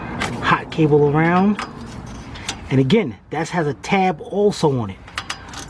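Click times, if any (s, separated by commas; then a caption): 5.2 s, 5.3 s. A starter wiring connector with a locking tab is pushed onto the starter motor from underneath a 2005 Chevy Express G2500 van while someone talks. Two short, sharp clicks are heard at 5.2 and 5.3 seconds as the tab drops into its groove and the connector locks into place.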